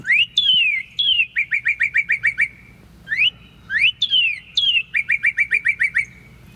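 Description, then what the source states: Northern Cardinal song: clear, slurred downward whistles followed by a quick series of short, even chips, given twice and separated by a brief pause. Main song recorded in a yard in Ithaca, New York; annotated as training data for a bird identification model.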